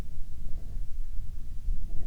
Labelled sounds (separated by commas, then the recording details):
wind
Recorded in the Arctic National Wildlife Refuge, Alaska, on 10 July 2019 at 18:22
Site 44